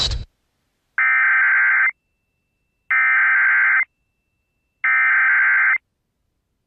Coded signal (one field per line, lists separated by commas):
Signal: Emergency Alert System (SAME) tones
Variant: header bursts